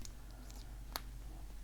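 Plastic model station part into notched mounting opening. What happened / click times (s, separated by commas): The plastic part snapped into its notch / 1.0 s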